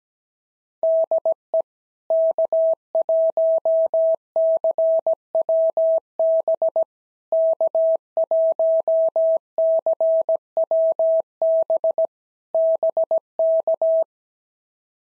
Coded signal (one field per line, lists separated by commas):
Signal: Morse code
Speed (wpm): 17 wpm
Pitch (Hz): 650 Hz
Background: none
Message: DE K1CWB K1CWB BK